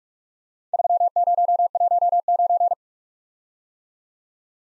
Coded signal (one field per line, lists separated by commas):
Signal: Morse code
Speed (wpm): 47 wpm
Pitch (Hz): 700 Hz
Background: none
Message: 3019